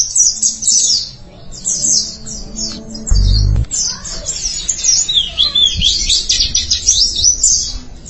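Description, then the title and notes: White-eye song: steady, dense high twittering with rapid slurred chirps, a low thump around three seconds and a faint hum underneath. "Suara kicauan burung pleci"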